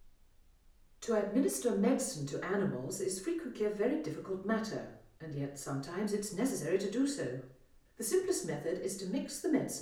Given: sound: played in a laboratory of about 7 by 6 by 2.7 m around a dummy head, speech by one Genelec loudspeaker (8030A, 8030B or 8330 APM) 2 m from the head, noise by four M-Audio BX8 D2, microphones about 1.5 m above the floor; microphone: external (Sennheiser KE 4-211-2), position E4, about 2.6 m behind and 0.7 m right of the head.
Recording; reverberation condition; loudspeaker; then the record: female speech in English; medium; 30 degrees to the left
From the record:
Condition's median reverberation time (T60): about 510 ms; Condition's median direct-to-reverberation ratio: about -0.5 dB